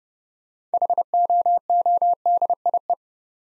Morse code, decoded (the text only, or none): HOODIE